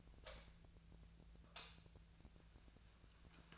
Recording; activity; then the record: daily activity, microphone in the room; light on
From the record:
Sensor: 2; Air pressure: 1009.7 hPa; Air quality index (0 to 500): 182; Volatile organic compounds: 11 ppm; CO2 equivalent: 2278 ppm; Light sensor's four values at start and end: 28/69/30/33 and 33/84/36/39